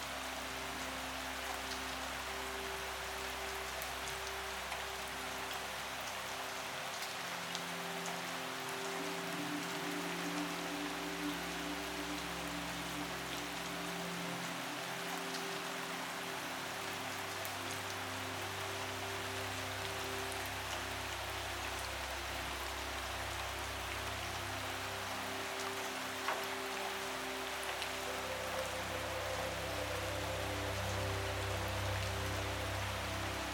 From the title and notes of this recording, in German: Sanfte MUSIK und das Geräusch des REGENS Verschmelzen. Das zarte Murmeln des Regens und sanfte Melodien.